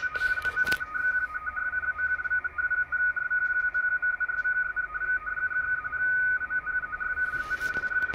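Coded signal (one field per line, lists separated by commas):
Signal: RTTY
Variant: about 250 Hz shift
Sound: rapid warbling teletype tone over loud hiss, fast alternating close tones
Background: radio static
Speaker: no idea what it is can't decoded at the moment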